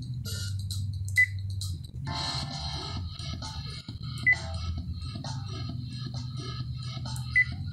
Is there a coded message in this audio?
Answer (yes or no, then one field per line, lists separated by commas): no